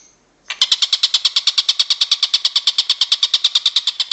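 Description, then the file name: Stork-billed kingfisher: after a moment of quiet, a fast, regular string of loud, rasping notes begins and carries on steadily. "tengkek buto om andri"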